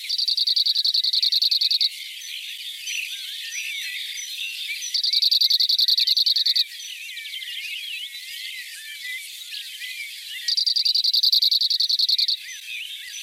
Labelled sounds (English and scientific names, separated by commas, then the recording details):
Cirl Bunting (Emberiza cirlus) song
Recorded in the wild
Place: Schönberg / Gemeide Ebringen / Hochschwarzwald, Baden-Württemberg, DE
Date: 1984-05-19
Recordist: Schwarz, Dieter